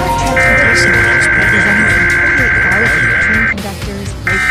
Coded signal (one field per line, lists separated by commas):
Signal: Emergency Alert System (SAME) tones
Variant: header bursts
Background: speech